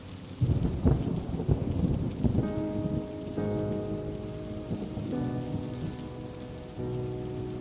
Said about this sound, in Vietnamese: Những dòng nước từ trên cao rơi xuống như muốn gột rửa đi những thứ mà nó đã qua. Tiếng mưa, tiếng gió, tiếng lá cây xào xạc, âm thanh lũ ếch kêu râm ran ngoài sân hòa với nhau tạo thành một bản hợp ca chào mừng mùa mưa năm nay đã về.